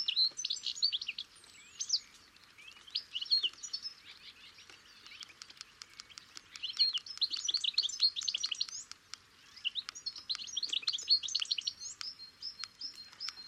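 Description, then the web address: Bird twittering in bursts of high chirps and short whistles, with many quick clicks between them. "Deverinetal 2025 File origin Bird Only"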